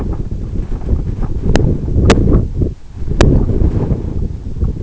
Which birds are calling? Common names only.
none